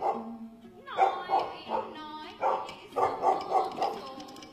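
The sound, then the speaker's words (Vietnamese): A dog lets out a string of sharp, mid-pitched barks, about eight in quick, uneven succession, with a brief whiny note before the first bark; the landowner's ghost dog barking on a riverbank. “Chỉ thấy nó sủa lên vài tiếng.”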